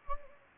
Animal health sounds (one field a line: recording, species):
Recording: mosquito wingbeat signal from an infrared sensor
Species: Anopheles gambiae